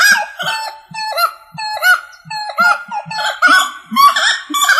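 Rail calls, strident nasal honks and squawks in a fast irregular series.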